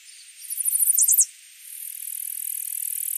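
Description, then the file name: Chestnut-sided warbler song: a single very high, rapid series of short notes ending in a quick down-up flourish, followed by a steady high hiss. "Setophaga pensylvanica - Chestnut-sided Warbler"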